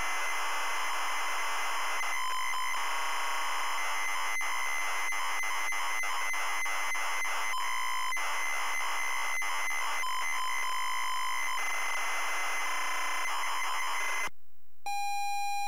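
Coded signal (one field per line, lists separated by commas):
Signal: ZX Spectrum tape loading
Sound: harsh buzzing data screech with shifting tones, then a break and a steady tone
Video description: ZX Spectrum load up and quick game play of Where Time Stood Still 128k loaded up using a zx spectrum +3 with a wh smith cpd8300 cassette player.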